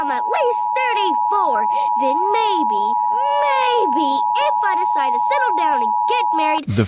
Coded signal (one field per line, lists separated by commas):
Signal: Emergency Alert System (SAME) tones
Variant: 853 and 960 Hz attention tone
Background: speech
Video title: EAS SCENARIO BACKWARDS TIME